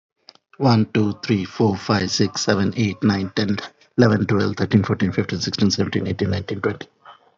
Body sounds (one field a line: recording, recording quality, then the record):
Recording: counting at a fast pace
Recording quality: excellent, no background noise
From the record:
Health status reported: healthy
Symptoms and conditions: fever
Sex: male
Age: 40 years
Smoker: not ticked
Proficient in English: yes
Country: India